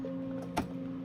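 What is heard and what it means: A RAM stick is pressed into a motherboard DIMM slot, and a single sharp latch click comes at 0.6 s over a steady low hum. Only the first of the two expected latch clicks is heard, so the module counts as one click and is not yet fully seated.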